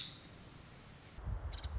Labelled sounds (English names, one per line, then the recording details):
Nuttall's Woodpecker
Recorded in Sonoma County, California